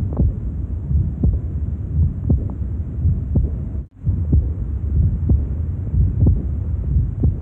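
Low heartbeats at about 61 a minute, with a soft steady hum filling the gaps between beats and a brief dropout near the middle. Heard at the third intercostal space, this fits the diastolic murmur of aortic regurgitation, a leaking aortic valve, in an adult.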